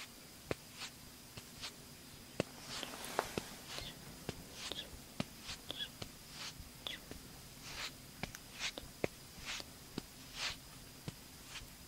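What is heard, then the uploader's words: Makeup brushing and face touching, with soft bright swishes recurring about once a second and sharp little taps and clicks scattered between them. The pace is slow and unhurried. Underneath runs a faint steady low hum and a thin high whine. Slow & Tingly Makeup, Brushing, Face Touch.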